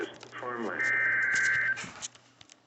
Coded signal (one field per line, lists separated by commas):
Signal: Emergency Alert System (SAME) tones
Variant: header bursts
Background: speech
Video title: Morning Mischief... | EAS #208-214 (Severe Weather Alerts from 4/28/2023)